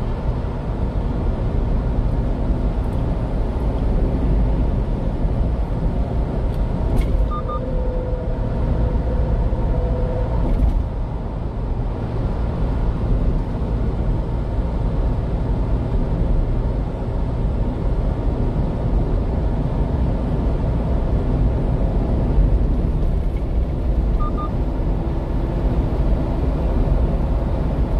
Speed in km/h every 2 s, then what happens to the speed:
72, 73, 73, 72, 71, 71, 71, 72, 74, 74, 74, 78, 81, 83.
0-11 steady at about 72. 11-28 speeds up to 83.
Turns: none.